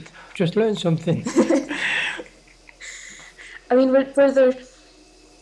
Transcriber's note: laughs